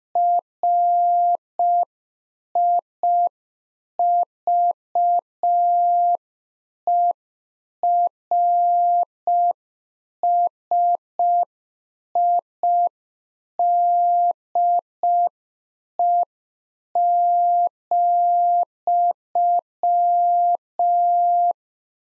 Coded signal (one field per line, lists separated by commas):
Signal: Morse code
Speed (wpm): 5 wpm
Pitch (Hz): 700 Hz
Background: none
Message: RIVERSIDE,